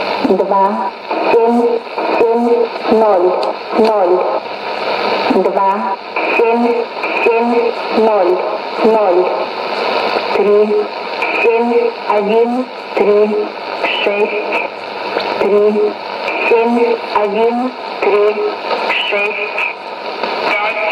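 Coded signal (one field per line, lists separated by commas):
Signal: numbers station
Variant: S06s, Russian language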